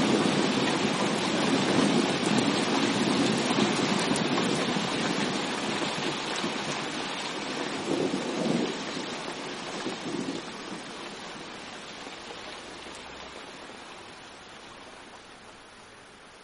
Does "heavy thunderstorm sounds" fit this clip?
yes